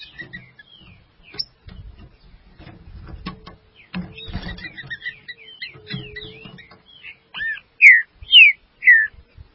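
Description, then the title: Green-winged saltator: whistled notes half-buried under clattering and rustling noise, ending with three loud, clean downslurred whistles. "Trinca Ferro"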